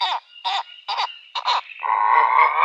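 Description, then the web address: Purple heron uttering a rapid series of rasping, croaky notes that run into a longer, drawn-out grating call at the end. "Purple Heron"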